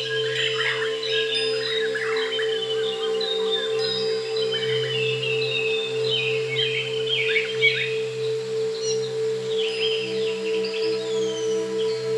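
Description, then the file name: White-crowned shama pouring out quick varied whistles and chirping phrases, some descending slurs, against an unbroken low hum. Natural sound of the bird. "suara alam murai batu mahkota"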